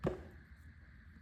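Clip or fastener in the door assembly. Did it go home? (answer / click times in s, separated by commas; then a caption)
no / none. Inside a truck door with the panel off, a clip the factory left unsnapped is handled as it is pressed into the door assembly. A single short, sharp knock at about 0.1 s is followed by a low, steady hum. Nothing has seated or clicked into place yet.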